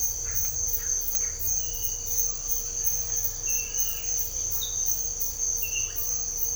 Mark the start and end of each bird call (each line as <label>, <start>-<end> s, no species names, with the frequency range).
bird call (1.0-3.4 kHz), 0.00-1.43 s